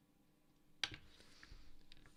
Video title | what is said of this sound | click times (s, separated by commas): figuring out the Catch | That clicks. | 0.8 s